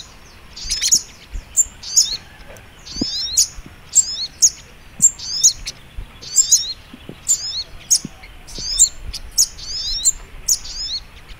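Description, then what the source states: Little Spiderhunter song of shrill, clipped chip notes, delivered in a steady series roughly every half second. Training (masteran) song in the Labaik style.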